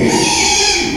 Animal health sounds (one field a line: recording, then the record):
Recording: squeal of a Yucatan mini pig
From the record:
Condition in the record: after surgery on the right vocal fold (resection and tissue-engineered implant)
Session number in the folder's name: 2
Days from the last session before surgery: 13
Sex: male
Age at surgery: 12 weeks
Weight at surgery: 13 kg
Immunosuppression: cyclosporine, prednisolone